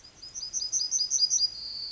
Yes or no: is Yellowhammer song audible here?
yes